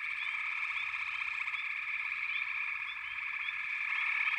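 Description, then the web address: Frog chorus, a dense unbroken mass of fast pulsing, trilled calls with a few short chirps above. A chorus of frogs calling together. "The Natural Sounds of the Wilderness. Echoes of Nature - Frog Chorus"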